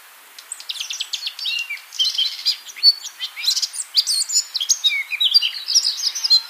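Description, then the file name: Eurasian blackcap song, a rapid varied warble of scratchy notes and clear whistled phrases, continuous and busy throughout. "Sylvia atricapilla"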